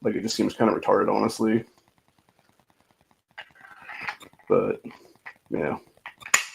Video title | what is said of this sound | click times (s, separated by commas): Slicey Boy Saturday #10 - Fixed Blades & Walmart's D2 Orange on Clearence | That does have an audible click, obviously. | 6.3 s